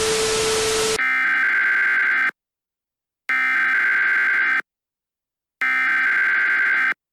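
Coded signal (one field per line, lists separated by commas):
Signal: Emergency Alert System (SAME) tones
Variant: header bursts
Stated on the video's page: Fictional EAS scenario alert, recorded in a game made for the recording.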